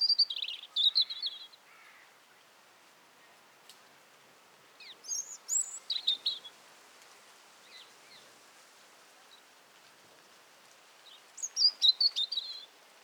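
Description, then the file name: European robin song in three short, high, tinkling phrases of sliding whistles and trills, spaced several seconds apart. "Erithacus rubecula"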